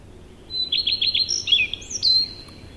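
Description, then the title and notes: Common Redstart song phrase: a high thin opening note, four rapid repeated notes, then a varied, scratchy twitter ending in a sliding whistle. "Viikon luontoääni: Leppälintu. Juha Laaksonen"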